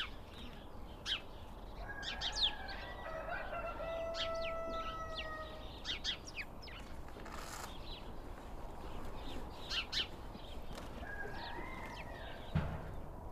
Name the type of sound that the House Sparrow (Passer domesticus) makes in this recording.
call